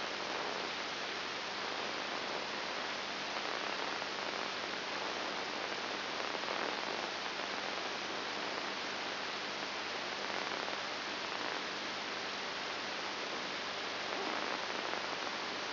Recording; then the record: brain microelectrode recording played as sound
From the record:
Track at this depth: inside the subthalamic nucleus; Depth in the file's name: 5.101 mm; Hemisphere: left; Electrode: 3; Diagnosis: Parkinson's disease